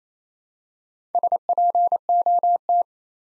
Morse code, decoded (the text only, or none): SPOT